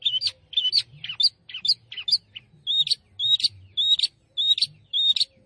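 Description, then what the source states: Long-tailed shrike singing fast, squeaky twittering phrases, each short and high, repeated nearly twice a second. Singing lively in the gacor style.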